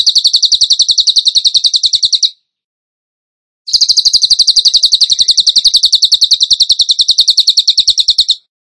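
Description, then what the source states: Bird song of shrill, clean notes repeated rapidly in two long runs separated by a pause. Masteran (training recording) song in the 'tembakan gacor' style, used to train other birds.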